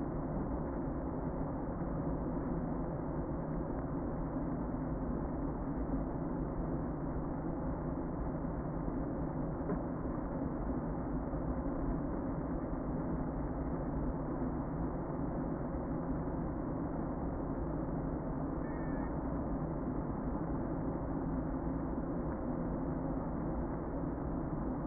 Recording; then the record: honeybee colony, microphone inside the hive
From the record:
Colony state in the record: queen present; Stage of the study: before two queens were removed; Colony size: about 60,000 bees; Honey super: yes